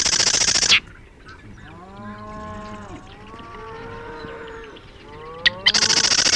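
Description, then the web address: Marsh wren song: a dense, buzzy, rattling trill cut off at the start, then another trill beginning near the end, with drawn-out harmonic calls in between. "Marsh Wren Sounds --LNSCourse Cassette"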